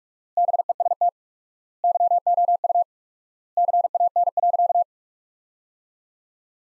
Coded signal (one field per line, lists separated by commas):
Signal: Morse code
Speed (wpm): 42 wpm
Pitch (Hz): 700 Hz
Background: none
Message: BEST YOU CAN.